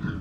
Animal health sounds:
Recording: pig call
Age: growing-finishing pig (85 days or more)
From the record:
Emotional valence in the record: positive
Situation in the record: run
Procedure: transit

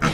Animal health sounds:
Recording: pig call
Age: piglet (1 to 25 days)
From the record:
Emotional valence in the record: positive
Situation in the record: reunion after long isolation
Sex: female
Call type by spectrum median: low-frequency call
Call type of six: low-frequency tonal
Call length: 0.14 s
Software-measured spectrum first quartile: 226 Hz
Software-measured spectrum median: 833 Hz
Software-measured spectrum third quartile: 1822 Hz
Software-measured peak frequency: 162 Hz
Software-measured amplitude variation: 84 dB a second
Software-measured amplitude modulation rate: 10.9 a second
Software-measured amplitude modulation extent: 7.7 dB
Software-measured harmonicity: 1.0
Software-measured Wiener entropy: -1.23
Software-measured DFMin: 813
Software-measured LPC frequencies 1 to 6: 1341, 2184, 3106, 3901, 4792, 5548 Hz

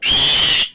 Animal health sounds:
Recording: pig call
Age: piglet (1 to 25 days)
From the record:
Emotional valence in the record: negative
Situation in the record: restrain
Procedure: sham castration, cut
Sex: male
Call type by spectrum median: high-frequency call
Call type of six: high-frequency modulated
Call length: 0.74 s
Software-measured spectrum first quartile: 2981 Hz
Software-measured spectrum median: 3724 Hz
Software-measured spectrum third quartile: 6229 Hz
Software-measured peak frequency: 3162 Hz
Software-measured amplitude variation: 68 dB a second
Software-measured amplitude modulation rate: 23.5 a second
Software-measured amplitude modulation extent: 2.9 dB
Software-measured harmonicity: 3.7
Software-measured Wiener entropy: -1.81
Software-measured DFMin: 987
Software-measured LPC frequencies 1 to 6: 840, 1987, 3220, 4597, 5625, 6329 Hz

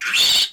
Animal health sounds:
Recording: pig call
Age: piglet (1 to 25 days)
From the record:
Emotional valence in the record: negative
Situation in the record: restrain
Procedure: sham castration, cut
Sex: male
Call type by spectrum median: high-frequency call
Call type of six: high-frequency modulated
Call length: 0.52 s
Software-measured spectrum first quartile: 3137 Hz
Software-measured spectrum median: 3821 Hz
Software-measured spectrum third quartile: 5119 Hz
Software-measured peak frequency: 3484 Hz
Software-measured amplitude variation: 110 dB a second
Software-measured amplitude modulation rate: 17.3 a second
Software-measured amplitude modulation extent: 6.3 dB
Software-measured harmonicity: 3.1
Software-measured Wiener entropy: -2.31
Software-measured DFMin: 762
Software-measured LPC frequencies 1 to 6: 1520, 2682, 3110, 3612, 4468, 6716 Hz

